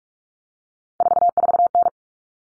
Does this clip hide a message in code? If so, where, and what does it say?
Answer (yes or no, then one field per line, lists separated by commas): yes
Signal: Morse code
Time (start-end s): 1.0-1.9 s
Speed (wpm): 44 wpm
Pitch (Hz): 700 Hz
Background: none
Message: 44N